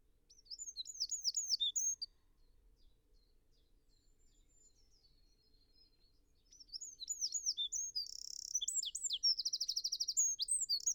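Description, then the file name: Eurasian wren singing in two bursts: a quick run of high slurred notes, a long pause, then a longer song of sharp whistles, buzz and a fast trill. "Troglodytes troglodytes"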